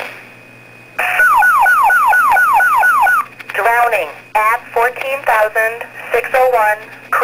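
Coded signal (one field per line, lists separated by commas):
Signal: pager alert tone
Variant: fire pager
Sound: fast repeating downward-sweeping electronic chirps for two seconds, then a muffled voice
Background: dispatch voice, room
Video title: Fire pager going off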